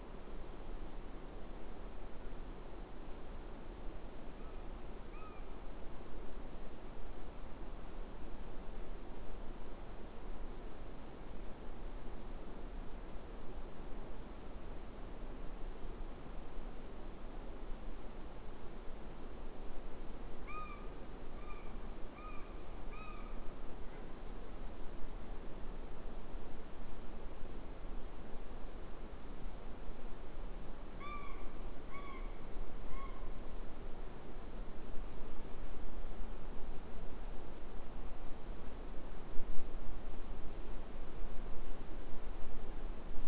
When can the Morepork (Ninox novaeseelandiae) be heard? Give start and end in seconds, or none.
4.24-5.55, 20.34-20.92, 21.21-22.59, 22.85-23.36, 30.92-31.47, 31.79-32.29, 32.72-33.34